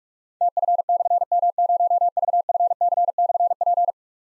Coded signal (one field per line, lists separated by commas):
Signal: Morse code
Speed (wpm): 44 wpm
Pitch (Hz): 700 Hz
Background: none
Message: TF/M0VFC/P